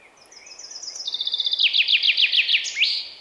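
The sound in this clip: Common chaffinch song: a run of high, quick notes dropping in steps, then a rattling series of downslurred notes ending in a brief flourish.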